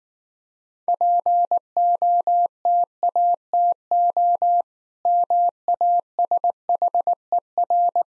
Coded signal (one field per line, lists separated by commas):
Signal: Morse code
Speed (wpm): 19 wpm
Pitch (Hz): 700 Hz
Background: none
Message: POTATO MASHER